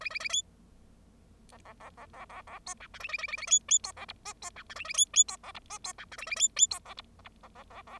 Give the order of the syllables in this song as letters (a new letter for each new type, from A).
A A A B C C C C C C C D E F A A A A A B B D C G H D E F A A B B D C G H D E F A A B B D C G G C C C C